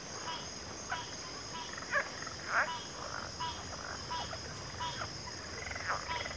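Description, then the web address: Crickets in a steady, high continuous chorus, with scattered lower croaking frog calls breaking through at uneven intervals. Chorus of crickets in a backwater. "WLL Grade 1-12 Pre-Uni Library Natures Songs Sleep Sounds of Nature CRICKETS Backwater Chorus"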